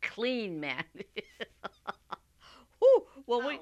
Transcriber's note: she laughs